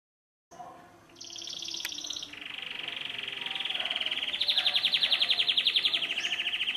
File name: Canary Voice